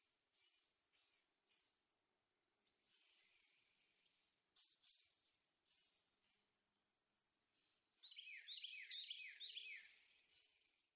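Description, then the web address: Carolina wren singing a rapid series of repeated phrases near the end, after faint, scattered high notes. "birdsongforthecurious. Carolina Wren"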